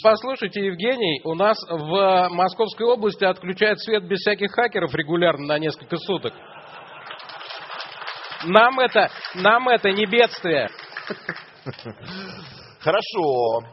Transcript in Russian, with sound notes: Послушайте, Евгений, у нас в Московской области отключают свет без всяких хакеров регулярно на несколько суток. (смех в зале, аплодисменты) Нам это не бедствие.
Хорошо.